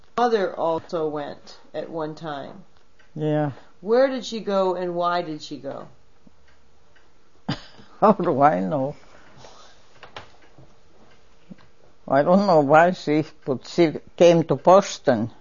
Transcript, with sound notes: also went at one time.
Yeah.
Where did she go and why did she go?
(laughs) How do I know. I don't know why she but she came to Boston.